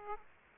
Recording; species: mosquito wingbeat signal from an infrared sensor; Aedes aegypti